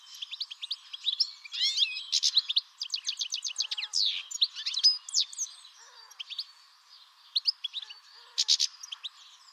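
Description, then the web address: Bird song, twittering high chirps and fast trills for about five seconds, then quieter scattered notes and a final short burst of chirping. "Deverinetal"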